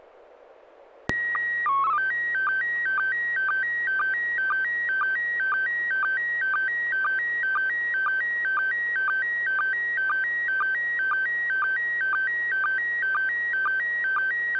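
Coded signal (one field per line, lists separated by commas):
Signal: SSTV (slow-scan television)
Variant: PD 120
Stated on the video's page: SSTV images sent with MMSSTV on a weekly SSTV net via an FM repeater on 441.300 MHz, Sacramento, CA.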